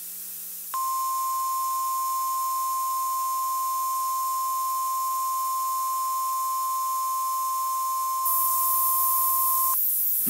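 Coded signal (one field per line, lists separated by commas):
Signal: Emergency Alert System (SAME) tones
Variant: 1050 Hz attention tone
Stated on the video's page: Emergency alert tests captured from a radio station relay.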